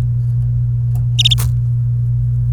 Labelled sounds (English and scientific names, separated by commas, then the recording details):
Domestic Canary (Serinus canaria) song
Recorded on 28 April 2018 at 11:40
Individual llb3